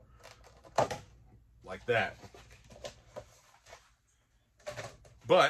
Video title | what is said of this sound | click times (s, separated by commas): MOC-Masters UV Protective Case for 3.75 Inch Action Figures - GiJoe Star Wars Etc Are They Worth It? | put pressure in the right spot and they just pop right open with zero little to no effort like that | 0.8 s